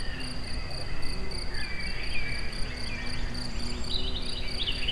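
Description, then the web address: Insects chirping in steady pulsed bursts, a high rhythmic trill, with a low rumble underneath. Recorded in nature at very close range, at the Eger tourist house (Egerturistaház). "allathangok termeszetben rovarok premium egeszenkozelrol egerturistahaz"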